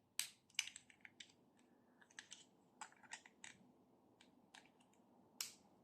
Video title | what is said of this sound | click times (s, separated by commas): Philips Séries 3000 Tondeuse multi style 6 en 1 mon test | voilà ça se clipse et après ça se déclipse | 0.2 s